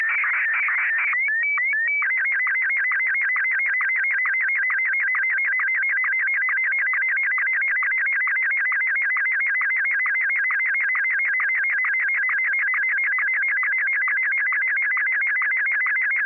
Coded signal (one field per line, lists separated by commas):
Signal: SSTV (slow-scan television)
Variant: Martin 1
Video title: N6NA SSTV Net - 11/11/2020